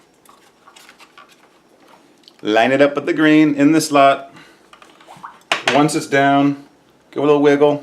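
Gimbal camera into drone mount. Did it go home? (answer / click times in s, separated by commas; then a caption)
no / none. A gimbal camera is gently pushed down into the mount of a XIRO Xplorer drone and lined up with the green mark in the slot before being pressed home. Faint small taps and handling sounds come first, then someone talks. Nothing has seated or clicked yet.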